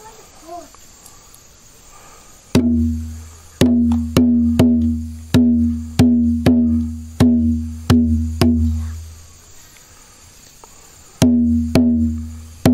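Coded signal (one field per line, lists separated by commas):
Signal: drum signal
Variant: garamut rhythm on kundu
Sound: hand drum struck about ten times in a steady rhythm, pause, then three more strokes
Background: faint speech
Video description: Various rhythms were used to convey specific messages. Since there is currently no garamut drum in the speaker's village, the speaker instead uses a (much smaller) kundu drum to demonstrate the different rhythms.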